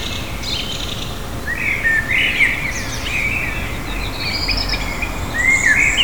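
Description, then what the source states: Birds singing, chirps and whistles over a steady low rumble of background noise. In the morning.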